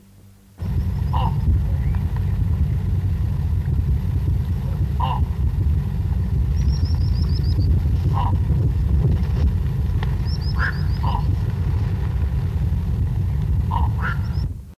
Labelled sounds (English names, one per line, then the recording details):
Great Bittern call
Black-crowned Night-Heron
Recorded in the wild
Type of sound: call
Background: Nycticorax nycticorax
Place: Federsee, Baden-Württemberg, DE
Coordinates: 48.0837, 9.6295
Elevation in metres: 577
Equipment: Halbspur, 9,5 cm/s
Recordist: Lütgens, Hans
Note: Flugrufe